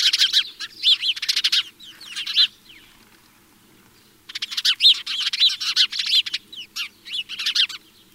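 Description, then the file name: House sparrow chirps in two lively bursts of rapid, rasping notes, separated by roughly two seconds of near silence midway. "Passer domesticus"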